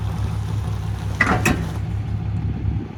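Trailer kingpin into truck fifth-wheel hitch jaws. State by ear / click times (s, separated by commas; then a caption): seated / 1.2 s. The trailer kingpin is lowered into a truck's fifth-wheel hitch, and the hitch jaws close around it to couple the trailer, over a steady low engine-like rumble. A loud, sharp metallic click marks it seating in place at 1.2 s, followed by a second, softer hit at 1.5 s.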